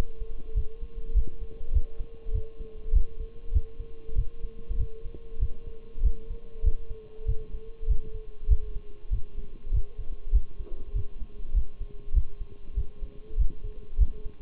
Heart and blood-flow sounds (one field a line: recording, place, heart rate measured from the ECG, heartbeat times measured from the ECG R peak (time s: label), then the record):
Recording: heart sounds by stethoscope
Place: between the tricuspid and mitral areas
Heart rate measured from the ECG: 98 bpm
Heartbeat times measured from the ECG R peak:
0.56 s: heartbeat
1.16 s: heartbeat
1.74 s: heartbeat
2.34 s: heartbeat
2.94 s: heartbeat
3.54 s: heartbeat
4.17 s: heartbeat
4.79 s: heartbeat
5.41 s: heartbeat
6.04 s: heartbeat
6.65 s: heartbeat
7.28 s: heartbeat
7.89 s: heartbeat
8.50 s: heartbeat
9.12 s: heartbeat
9.73 s: heartbeat
10.34 s: heartbeat
10.95 s: heartbeat
11.56 s: heartbeat
12.15 s: heartbeat
12.77 s: heartbeat
13.39 s: heartbeat
14.00 s: heartbeat
From the record:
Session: Bruce protocol treadmill stress test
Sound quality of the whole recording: partially saturated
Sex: male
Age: 23 years